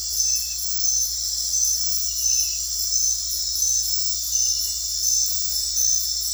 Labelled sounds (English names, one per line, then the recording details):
none
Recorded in dense forest near Puerto Asís, Putumayo, Colombia, on 8 March 2025 at 22:30
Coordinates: 0.503, -76.323
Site GP09